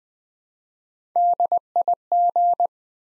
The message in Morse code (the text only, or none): DIG